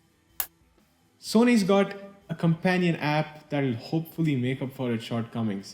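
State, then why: Seated. A single sharp plastic click at 0.4 s as a small lid snaps closed.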